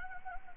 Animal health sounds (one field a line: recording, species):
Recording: mosquito wingbeat signal from an infrared sensor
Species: Anopheles gambiae